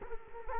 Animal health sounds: mosquito wingbeat signal from an infrared sensor; Culex quinquefasciatus

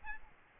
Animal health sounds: mosquito wingbeat signal from an infrared sensor; Aedes albopictus

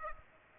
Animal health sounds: mosquito wingbeat signal from an infrared sensor; Aedes aegypti

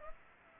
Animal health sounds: mosquito wingbeat signal from an infrared sensor; Aedes aegypti

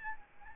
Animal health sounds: mosquito wingbeat signal from an infrared sensor; Aedes albopictus

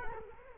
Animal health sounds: mosquito wingbeat signal from an infrared sensor; Culex quinquefasciatus

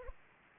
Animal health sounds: mosquito wingbeat signal from an infrared sensor; Anopheles arabiensis

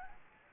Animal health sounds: mosquito wingbeat signal from an infrared sensor; Anopheles gambiae

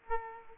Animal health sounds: mosquito wingbeat signal from an infrared sensor; Aedes aegypti

